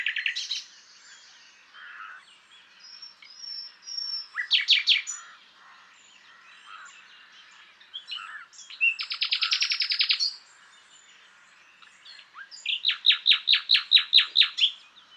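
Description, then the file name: Common nightingale song in varied phrases: whistles, a sharp repeated burst, a long buzzy rattle around nine seconds, and a final series of loud repeated notes. "Luscinia megarhynchos"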